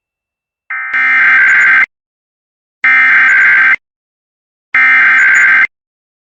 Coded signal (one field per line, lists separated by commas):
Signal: Emergency Alert System (SAME) tones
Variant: header bursts